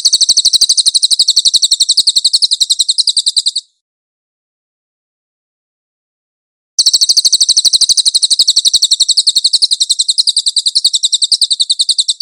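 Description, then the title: Cililin song: a sharp, high chattering trill for over three seconds, a silent gap of about three seconds, then a second long trill of rapid notes. "SUARA BURUNG CILILIN"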